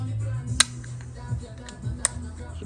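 A metal wrist-pin retaining clip is worked with fingers and a flat-head screwdriver into the groove of a forged piston's pin bore. Two sharp metallic snaps ring out at 0.6 s and 2.1 s over a low background hum, with a few faint ticks between them. The clip snaps into its groove and is seated.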